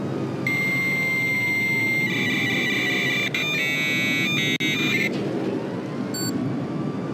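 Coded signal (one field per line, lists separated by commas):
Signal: dial-up modem handshake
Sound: steady high answer tone for about 1.5 s, then warbling screechy modem tones, then brief chirps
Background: low rumbling game ambience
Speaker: if you pull up your phone and you dial 948 55510 the dial up modem sound can randomly be heard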